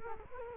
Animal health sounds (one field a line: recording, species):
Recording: mosquito wingbeat signal from an infrared sensor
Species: Culex quinquefasciatus